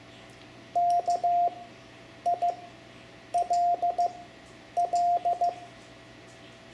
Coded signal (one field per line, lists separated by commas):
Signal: Morse code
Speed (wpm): 15 wpm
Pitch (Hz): 700 Hz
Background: none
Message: KILL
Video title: Learning CW for Ham Radio (Lesson 3) Morse Code letters I-L, Amateur Radio